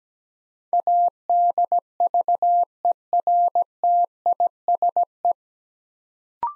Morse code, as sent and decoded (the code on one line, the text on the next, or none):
.- -.. ...- . .-. - .. ... .
ADVERTISE